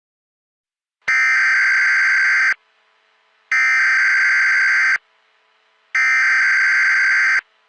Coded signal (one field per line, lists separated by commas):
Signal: Emergency Alert System (SAME) tones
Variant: header bursts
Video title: EAS Scenario: Fear The Wind and Spores - October Says Goodbye Part: 1